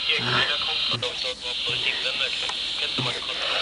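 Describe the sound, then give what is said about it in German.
Garbled radio crosstalk on a shared frequency: several overlapping, distorted voices of radio operators jumble together over a steady hiss and whine, with brief bursts and dropouts, continuous and fairly loud throughout. “Wellensalat, auch alle durcheinander.”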